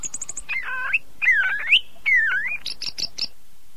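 Oriental magpie-robin singing a varied, rich phrase: high thin notes, then warbled rising and falling whistles, ending in a series of sharp high chirps.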